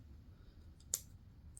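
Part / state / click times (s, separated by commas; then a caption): retaining pin in shift cable end cap / seated / 0.9 s. A stiff plastic retaining pin is pressed into a shift cable end cap and locks with one sharp click at 0.9 s, with a faint tick just before and another near the end over a low background hum. The pin is seated and locked in place so it won't come out.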